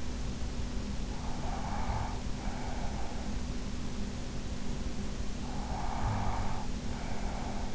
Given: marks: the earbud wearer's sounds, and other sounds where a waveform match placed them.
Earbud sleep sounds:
sounds in sleep by an in-ear microphone; breath
1.17-3.40 s: breath
5.46-7.74 s: breath

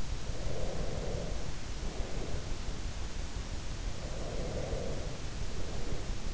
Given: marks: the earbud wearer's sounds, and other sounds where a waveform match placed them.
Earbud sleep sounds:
sounds in sleep by an in-ear microphone; breath
0.24-2.89 s: breath
3.99-6.34 s: breath

